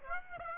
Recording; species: mosquito wingbeat signal from an infrared sensor; Aedes aegypti